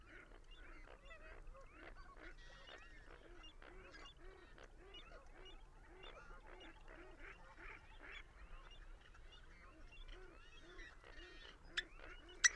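Bird flock calling without pause, many short honking notes and thin rising squeaks overlapping in a busy, even chorus, two sharp clicks near the end.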